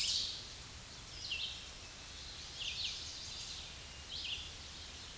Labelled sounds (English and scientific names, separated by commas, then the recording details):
Red-eyed Vireo (Vireo olivaceus) song
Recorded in a Pennsylvania forest on 16 May 2024 at 07:41
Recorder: AudioMoth, point MSD-2146
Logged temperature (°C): 16.7 °C
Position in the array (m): 149 m, 29 m